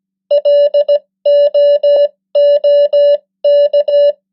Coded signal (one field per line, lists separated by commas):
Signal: Morse code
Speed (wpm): 17 wpm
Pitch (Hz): 580 Hz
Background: none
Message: LOOK